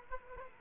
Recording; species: mosquito wingbeat signal from an infrared sensor; Aedes aegypti